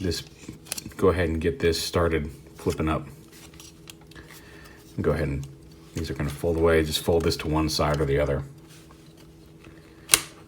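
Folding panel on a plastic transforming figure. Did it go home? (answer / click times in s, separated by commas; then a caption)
partly / 10.1 s. Someone talks while transforming a plastic Transformers: The Last Knight Voyager Nitro figure, folding parts to one side and then lifting a folding plastic panel, with faint handling taps in between. A sharp hit sounds at 10.1 s, but the panel is not fully in place yet.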